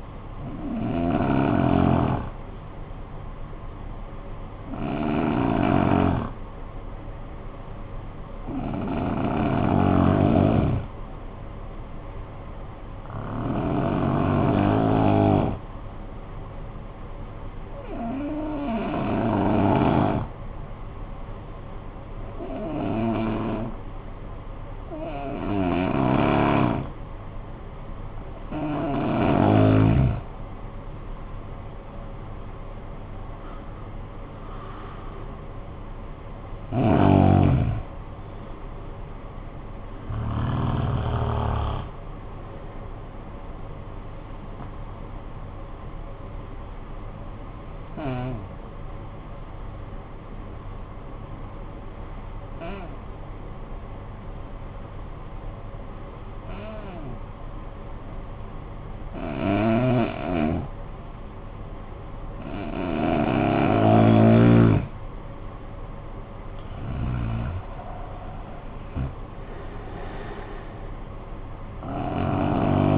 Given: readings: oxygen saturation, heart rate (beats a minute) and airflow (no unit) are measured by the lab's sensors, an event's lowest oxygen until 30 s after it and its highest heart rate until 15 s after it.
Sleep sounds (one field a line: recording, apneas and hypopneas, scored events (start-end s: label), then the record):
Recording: breathing in sleep by a smartphone at the bedside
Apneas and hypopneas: 2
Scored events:
3.00-28.50 s: hypopnea (N1, oxygen 94% highest, then 83% lowest, heart rate 49 at the start, 73 highest)
39.00-72.98 s: new sleep stage, N2 (light sleep)
47.00-66.00 s: hypopnea (N2, oxygen 96% highest, then 83% lowest, heart rate 51 at the start, 76 highest)
From the record:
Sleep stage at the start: N1 (lightest sleep)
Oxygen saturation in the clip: 83 to 96%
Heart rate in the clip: 49 to 76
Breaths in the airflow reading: 16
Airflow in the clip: -15.7 to 11.4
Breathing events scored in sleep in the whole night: 445 in 7.6 hours asleep